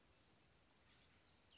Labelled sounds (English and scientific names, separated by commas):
Cassin's Vireo (Vireo cassinii)